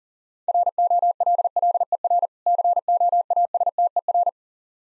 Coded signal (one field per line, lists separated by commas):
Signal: Morse code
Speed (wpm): 38 wpm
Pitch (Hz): 700 Hz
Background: none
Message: ROLLER COASTER